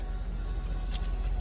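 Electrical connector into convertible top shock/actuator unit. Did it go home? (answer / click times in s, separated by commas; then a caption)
yes / 1.0 s. An electrical connector is plugged back into the convertible top shock/actuator unit of a Mercedes-Benz CLK 430 convertible, whose top is not working. Over a steady low rumble, a sharp, bright click sounds at 1.0 s as the connector seats.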